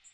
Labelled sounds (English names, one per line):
Magnolia Warbler flight call